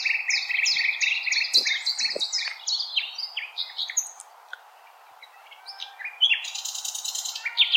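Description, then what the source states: Common nightingale song: quick repeated two-pitch notes, a brief quieter gap, then a harsh high buzzy trill. Recorded 16 April 2021.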